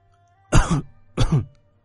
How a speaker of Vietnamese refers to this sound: Tiểu phu nhân đỏ bừng mặt, ho khan vài tiếng kịch liệt. Cảm giác khó thở làm tinh thần nàng vô cùng hoảng hốt, nước mắt từ từ rơi xuống.